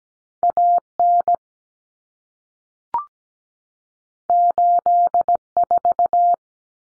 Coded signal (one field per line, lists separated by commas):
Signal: Morse code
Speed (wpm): 17 wpm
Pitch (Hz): 700 Hz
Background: none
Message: AN 84